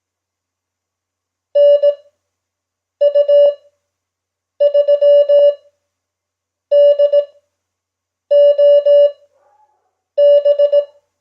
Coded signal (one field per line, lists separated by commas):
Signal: Morse code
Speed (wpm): 18 wpm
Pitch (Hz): 580 Hz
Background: none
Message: NU3DOB